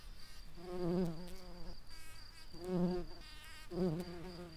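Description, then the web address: Red-shanked carder bee buzzing: a low droning hum that swells three times, each burst lasting about a second, with quiet gaps between. Workers. "Ruderarius workers"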